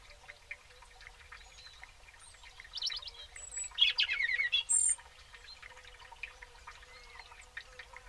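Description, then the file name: European robin delivering a couple of seconds of high, thin, varied warbling midway, against faint chirping of other birds. "Erithacus rubecula"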